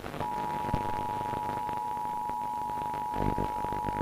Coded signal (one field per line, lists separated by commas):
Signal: Emergency Alert System (SAME) tones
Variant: 853 and 960 Hz attention tone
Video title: Tornado Warning EAS